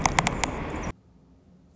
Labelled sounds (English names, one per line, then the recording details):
Anna's Hummingbird
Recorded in Sonoma County, California